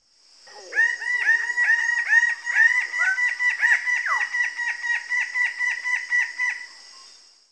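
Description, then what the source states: Red Bird-of-paradise giving loud, nasal honking notes in a rapid series lasting about six seconds, over a steady high-pitched hum. Loud, unmelodious honking calls audible from miles away; bird of West Papua, New Guinea.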